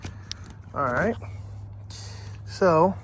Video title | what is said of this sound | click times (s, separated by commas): TRD Pro Grill & Switchback DRL Headlight Install Budget Sequoia Overlander | you see just you might have to put some pressure Clicks in place | 0.3 s